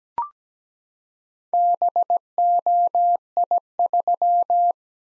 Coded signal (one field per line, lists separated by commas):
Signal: Morse code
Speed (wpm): 17 wpm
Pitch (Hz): 700 Hz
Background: none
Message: BOI3